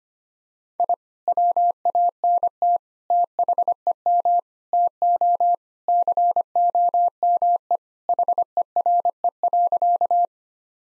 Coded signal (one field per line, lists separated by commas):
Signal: Morse code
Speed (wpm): 25 wpm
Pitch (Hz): 700 Hz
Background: none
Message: I WANT THEM TO COME HERE.